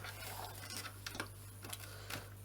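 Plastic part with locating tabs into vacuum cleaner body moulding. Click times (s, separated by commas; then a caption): 1.1 s, 1.2 s. A plastic part with two locating tabs, lined up with the moulding, is pushed straight down into the plastic body moulding of a Hoover Turbopower Boost U2718 vacuum cleaner. Small plastic clicks sound at 1.1 s and 1.2 s as it seats home, followed by a couple of softer ticks, over a steady low hum. The part is seated.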